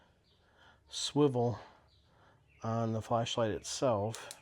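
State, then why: Not seated. The swivel head of a handheld LED flashlight is being handled before it is rotated into its detent on the flashlight body. Someone talks over faint background noise, and the swivel head has not clicked into position yet.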